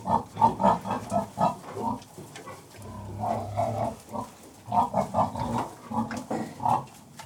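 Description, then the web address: Pig grunts, many low rhythmic grunts in quick bursts, pausing briefly then resuming. General atmosphere in a farrowing pen; livestock. "BBC Sound Effects Library. General Atmosphere In Farrowing"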